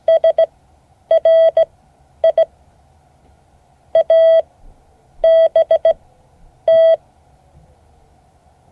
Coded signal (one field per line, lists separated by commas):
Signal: Morse code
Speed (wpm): 16 wpm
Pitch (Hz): 650 Hz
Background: none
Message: SRI ABT